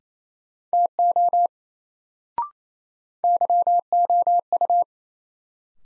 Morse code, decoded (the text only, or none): TO YOU